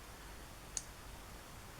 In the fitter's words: And you get that satisfying snap.